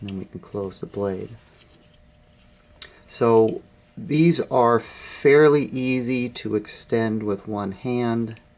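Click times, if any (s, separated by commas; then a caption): none. Someone talks while handling a steel folding blade in a multi-tool handle, one of a Gerber MP600, Leatherman Wave and SOG Paratool, as it is extended one-handed toward locking open. A brief faint tick comes at 2.8 s in a quiet gap between the speech. The blade has not yet locked into place, and nothing has seated or clicked home.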